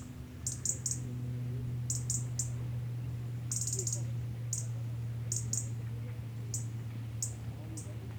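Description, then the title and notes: European robin giving a series of short, dry, high clicks in irregular clusters, over a steady low hum. Unafraid bird clicking repeatedly from its tree perch; beach at Aix-les-Bains, France; distant town noise; Zoom H4n Pro recorder. "Aix-les-Bains, France - Tout près. un rouge-gorge chante tout près et vient se poser à 2mètres échange de regards ,il n'est pas craintif, il rejoint son perchoir dans l'arbre et délivre une série de cliquetis"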